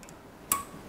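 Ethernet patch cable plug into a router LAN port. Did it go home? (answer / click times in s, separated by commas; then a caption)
yes / 0.5 s. An RJ45 Ethernet patch cable plug is pushed into the freed LAN port on the primary router. After two faint ticks near the start, a sharp, bright click sounds at 0.5 s as the plug clicks and locks into the port so it won't come out.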